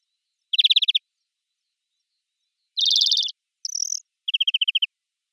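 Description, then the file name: European greenfinch calling: a fast stuttering trill, a pause, then a dense buzzy burst, a short high buzz and another rapid run of chirps, with no other sounds. "Chloris chloris"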